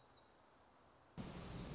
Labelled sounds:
Black-throated Gray Warbler (Setophaga nigrescens)
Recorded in Sonoma County, California

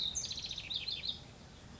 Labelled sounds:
House Wren (Troglodytes aedon)
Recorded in Sonoma County, California

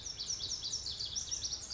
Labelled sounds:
Lazuli Bunting (Passerina amoena)
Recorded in Sonoma County, California

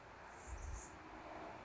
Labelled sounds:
Anna's Hummingbird (Calypte anna)
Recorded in Sonoma County, California

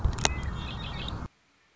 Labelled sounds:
Red-winged Blackbird (Agelaius phoeniceus)
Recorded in Sonoma County, California

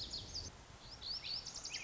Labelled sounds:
Lazuli Bunting (Passerina amoena)
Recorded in Sonoma County, California

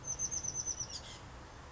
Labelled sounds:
Oak Titmouse (Baeolophus inornatus)
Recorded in Sonoma County, California

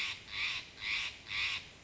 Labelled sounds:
Steller's Jay (Cyanocitta stelleri)
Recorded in Sonoma County, California

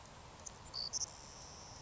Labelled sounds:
Savannah Sparrow (Passerculus sandwichensis)
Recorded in Sonoma County, California

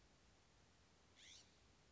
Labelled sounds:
California Scrub-Jay (Aphelocoma californica)
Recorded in Sonoma County, California

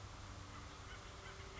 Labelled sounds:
Acorn Woodpecker (Melanerpes formicivorus)
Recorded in Sonoma County, California

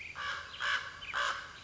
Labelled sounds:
Common Raven (Corvus corax)
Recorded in Sonoma County, California

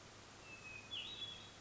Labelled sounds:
Hermit Thrush (Catharus guttatus)
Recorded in Sonoma County, California

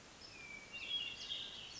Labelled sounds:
Hermit Thrush (Catharus guttatus)
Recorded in Sonoma County, California

